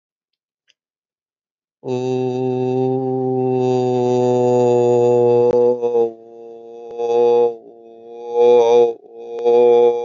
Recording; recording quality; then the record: sustained vowel as in boot; excellent, no background noise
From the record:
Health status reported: healthy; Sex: male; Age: 26 years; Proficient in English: yes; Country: India